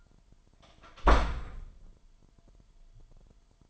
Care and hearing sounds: daily activity, microphone in the room; close door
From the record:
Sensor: 5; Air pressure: 998.5 hPa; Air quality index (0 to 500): 82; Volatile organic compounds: 1 ppm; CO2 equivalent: 929 ppm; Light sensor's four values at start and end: 32/79/32/36 and 32/78/32/36

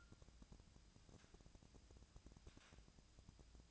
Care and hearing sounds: daily activity, microphone in the room; take from stove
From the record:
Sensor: 2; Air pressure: 999.8 hPa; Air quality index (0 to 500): 121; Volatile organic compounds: 2 ppm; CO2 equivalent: 1047 ppm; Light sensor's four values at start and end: 34/84/37/42 and 34/84/37/42

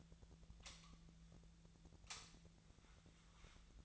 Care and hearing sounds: daily activity, microphone in the room; light on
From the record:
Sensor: 3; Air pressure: 1009.7 hPa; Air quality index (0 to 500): 190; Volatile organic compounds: 15 ppm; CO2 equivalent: 2479 ppm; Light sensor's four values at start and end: 39/98/42/45 and 46/120/51/52

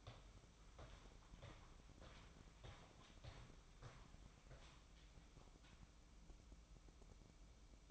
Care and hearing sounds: daily activity, microphone in the room; walk to room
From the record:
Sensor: 1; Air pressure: 1008.2 hPa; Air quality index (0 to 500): 137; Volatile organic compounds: 2 ppm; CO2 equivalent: 1155 ppm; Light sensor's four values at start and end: 12/27/11/12 and 12/29/12/13

